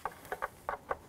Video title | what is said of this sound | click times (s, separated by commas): How to Replace Turn Signal Light Bulb 2011-2017 Honda Odyssey | I'm going to grab the turn signal connector line that up until it clicks and | 0.7 s